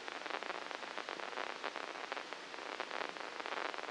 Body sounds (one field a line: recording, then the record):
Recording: brain microelectrode recording played as sound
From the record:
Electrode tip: inside the subthalamic nucleus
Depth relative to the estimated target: -4 mm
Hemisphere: left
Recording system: NeuroSet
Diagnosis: Parkinson's disease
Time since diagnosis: 9 years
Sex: female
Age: 51 years